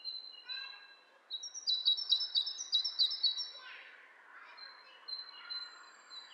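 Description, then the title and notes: Bird calls, high piping notes strung together quickly, a louder dense burst in the middle, then quieter thin whistles and lower chatter. Two birds interacting; lo-fi recording. "bird dialogs. lo-fi recording of two birds interacting"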